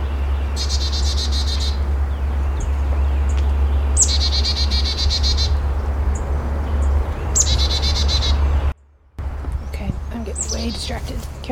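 Chickadee giving repeated buzzy chick-a-dee calls, three sharp-started rasping bursts about every three seconds, then softer chips after a brief silence, with a constant low hum.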